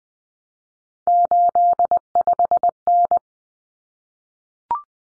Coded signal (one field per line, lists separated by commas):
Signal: Morse code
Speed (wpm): 20 wpm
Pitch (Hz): 700 Hz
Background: none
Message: 85N